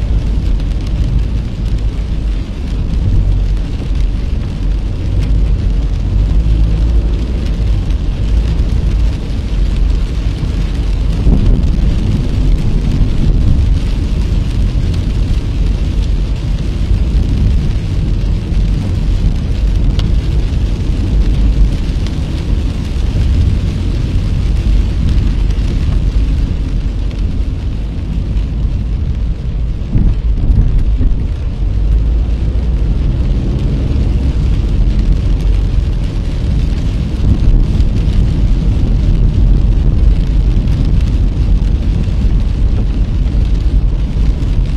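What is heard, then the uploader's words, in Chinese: Driving along a country road in the rain, heard from inside the car: a steady, heavy low rumble of engine and road fills the whole clip without letup. A soft wet hiss sits above it, with a few slightly louder bumps around 11 and 30 seconds. 雨中行驶在异国他乡的乡间小路上。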